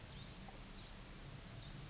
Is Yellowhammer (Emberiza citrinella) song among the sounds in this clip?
no